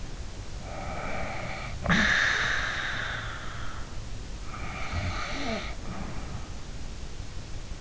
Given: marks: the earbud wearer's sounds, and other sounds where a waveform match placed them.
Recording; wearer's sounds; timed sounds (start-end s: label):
sounds in sleep by an in-ear microphone; snoring breath
0.67-3.63 s: snoring breath
4.34-6.23 s: snoring breath